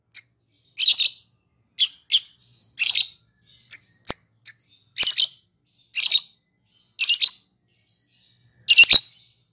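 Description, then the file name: Lovebird calling: harsh, shrill chattering bursts, a dozen or so short scratchy chirp clusters with brief pauses between. Lovebird calling in the style called ngekek in Indonesian. "suara burung lovebird ngekek"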